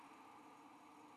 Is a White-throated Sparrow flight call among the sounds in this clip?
no